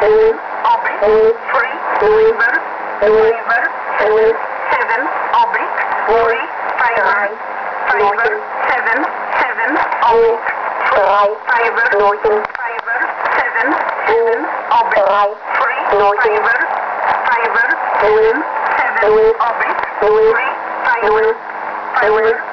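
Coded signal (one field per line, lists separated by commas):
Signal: numbers station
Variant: G06 and E11 overlapping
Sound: two voices reading digits at once, German and English, 'oblique' between groups, over static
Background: radio static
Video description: We are waiting for Number Stations G06 and E11 to transmit at the same time on the same frequency, ( which they will )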